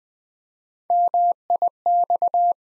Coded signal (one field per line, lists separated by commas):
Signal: Morse code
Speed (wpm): 20 wpm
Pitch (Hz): 700 Hz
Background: none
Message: MIX